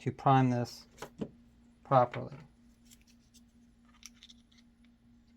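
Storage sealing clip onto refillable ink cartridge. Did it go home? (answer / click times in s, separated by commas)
yes / 4.1 s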